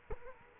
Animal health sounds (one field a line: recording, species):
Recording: mosquito wingbeat signal from an infrared sensor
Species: Culex quinquefasciatus